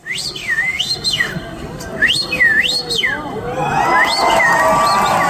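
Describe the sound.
At a bird-song imitation championship, a person whistles bird-like trills, repeated rising and falling high-pitched sweeps in two groups, over a murmuring crowd that swells louder toward the end as more whistling joins in.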